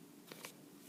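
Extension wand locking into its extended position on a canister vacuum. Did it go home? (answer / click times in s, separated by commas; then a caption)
no / none. The extension wand of a Kenmore Whispertone canister vacuum cleaner is handled as it is extended toward its locked position. Two faint, brief scrapes at about 0.3 and 0.5 seconds are followed by a louder, sharp, bright hit at about 0.9 seconds. The wand has not locked into place yet, and nothing has seated or clicked.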